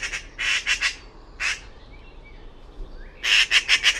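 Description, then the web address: Bird calls in short squawky bursts, a few pulses each, then a quiet gap before a final rapid pulsed burst. "cianscape birddata Deverinetal 2025"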